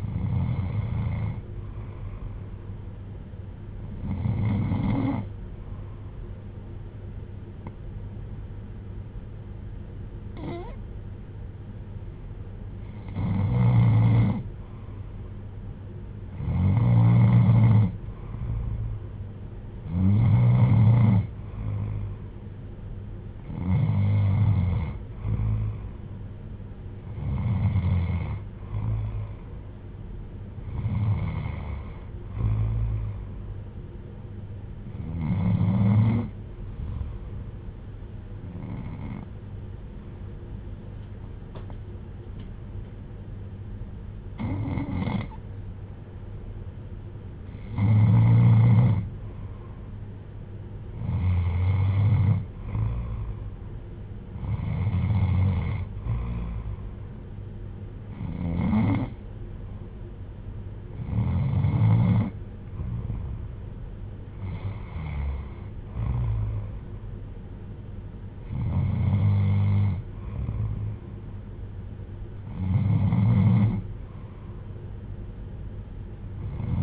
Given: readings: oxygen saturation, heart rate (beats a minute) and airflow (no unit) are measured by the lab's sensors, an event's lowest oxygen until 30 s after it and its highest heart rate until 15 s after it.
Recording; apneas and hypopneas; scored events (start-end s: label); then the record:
breathing in sleep by a smartphone at the bedside; 1
40.00-51.10 s: hypopnea (N2, oxygen 95% highest, then 92% lowest, heart rate 59 at the start, 66 highest)
From the record:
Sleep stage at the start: N2 (light sleep); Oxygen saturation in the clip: 92 to 96%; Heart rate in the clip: 55 to 66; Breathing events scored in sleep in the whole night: 310 in 8.1 hours asleep